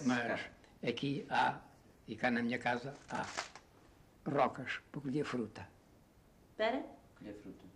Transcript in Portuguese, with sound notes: Mas, mas Mas aqui há e cá na minha casa há [pausa] rocas para colher fruta.
Para?
Colher fruta.